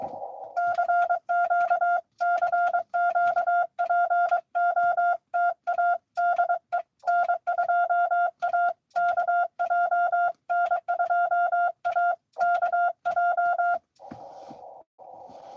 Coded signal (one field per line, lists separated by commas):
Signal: Morse code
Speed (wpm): 22 wpm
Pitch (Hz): 700 Hz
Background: none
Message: CQ CQ POTA DE N2AKJ N2AKJ